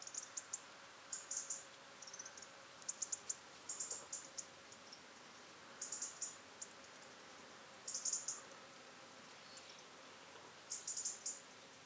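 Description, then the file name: European robin giving soft, high ticking calls in short bursts spread irregularly throughout, over faint background hiss. "Erithacus rubecula"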